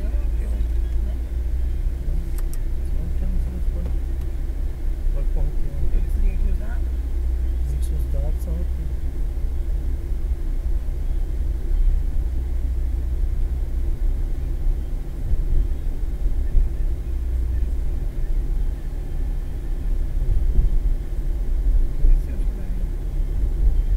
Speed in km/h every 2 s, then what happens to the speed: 34, 35, 36, 35, 35, 35, 35, 36, 35, 36, 37, 37.
0-24 steady at about 35.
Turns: none.